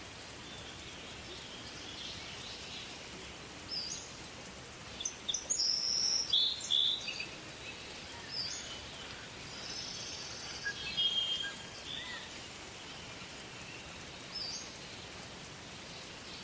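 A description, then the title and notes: Tropical rainforest ambience with a steady wash of rain-like hiss, bright bird chirps and calls scattered between six and twelve seconds. Jungle Sounds.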